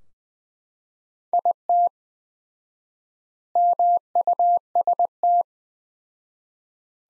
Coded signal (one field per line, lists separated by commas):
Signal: Morse code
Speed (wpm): 20 wpm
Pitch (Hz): 700 Hz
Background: none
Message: IT MUST